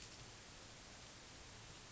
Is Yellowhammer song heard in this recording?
no